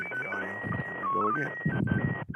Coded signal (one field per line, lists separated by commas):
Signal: SSTV (slow-scan television)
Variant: PD 120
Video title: Live ISS SSTV